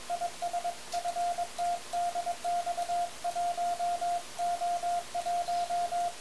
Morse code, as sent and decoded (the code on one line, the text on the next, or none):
.. ... / ..-. - -.. -..- .---- / --- .----
IS FTDX1 O1